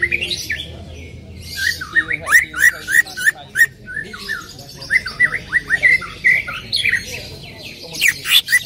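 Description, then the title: Greater green leafbird calling in lively bursts of squawky, slurred notes and chirps, repeated quickly with short pauses. Female calling a male; highly vocal. "CUCAK IJO BETINA GACOR HIPER MEMANGGIL JANTAN"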